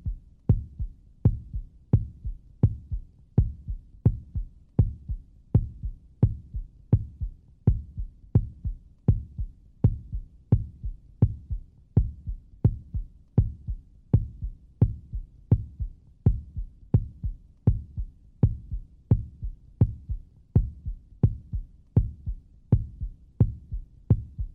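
Steady, regular heartbeat at about 83 beats a minute, each beat a sharp click over a soft low thump. It is a normal adult human heartbeat, a hospital sound effect.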